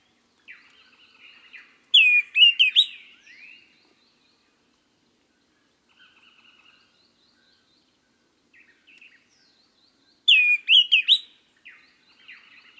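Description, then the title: Greenish schiffornis song: a short phrase of slurred whistled notes sweeping upward, heard twice about eight seconds apart, with fainter high notes between. "LuckyPassaro Completos2Sama. Greenish Schiffornis (Schiffornis virescens)"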